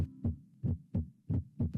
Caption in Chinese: 这个声音是属于正常的心跳声音。 痛贴痛贴，就是两个声音啊。我们通常呢能听到的就是痛贴痛贴，就是很清晰，很清晰，感觉很有力量。 收缩舒张，收缩舒张。